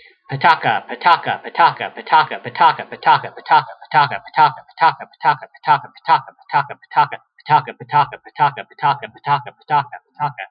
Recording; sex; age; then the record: repeated syllables /pa ta ka/; male; 40 to 49 years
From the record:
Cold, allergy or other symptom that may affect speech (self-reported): no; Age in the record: 42 years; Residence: Washington, United States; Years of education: 16